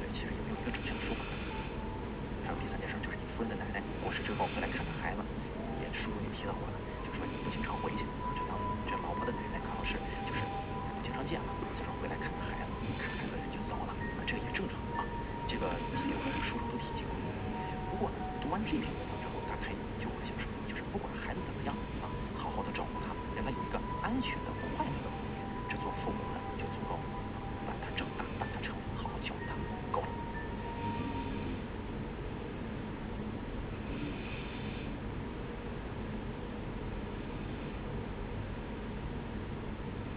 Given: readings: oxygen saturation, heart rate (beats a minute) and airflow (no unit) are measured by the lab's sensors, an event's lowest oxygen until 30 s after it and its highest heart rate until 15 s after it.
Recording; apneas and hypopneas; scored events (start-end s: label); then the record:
breathing in sleep by a voice recorder at the bedside; none
none scored
From the record:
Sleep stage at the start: N2 (light sleep); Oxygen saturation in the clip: 93%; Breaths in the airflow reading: 13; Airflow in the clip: -1.3 to 1.7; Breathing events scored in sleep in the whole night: 335 in 6.7 hours asleep